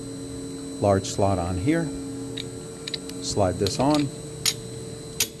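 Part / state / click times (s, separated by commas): aluminum selector disc onto the dumbbell dial shaft / seated / 5.2 s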